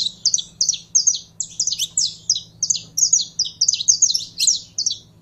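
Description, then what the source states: Belgian canary giving a continuous run of high, sharp chirped notes in rapid repeated groups, with a faint low background hum. Pure-bred Belgian canary singing.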